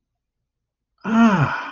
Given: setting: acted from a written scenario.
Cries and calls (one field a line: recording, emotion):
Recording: vocal sound without words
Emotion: realization